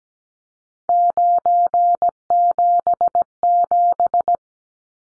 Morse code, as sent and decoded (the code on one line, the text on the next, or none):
----. --... --...
977